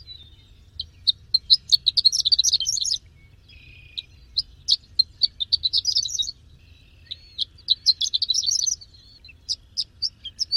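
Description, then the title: Greater green leafbird song made of quick, high, slurred chirps in rattling runs, broken by short quiet spells and one soft, lower whistled note. "Kicau Cucak Ijo"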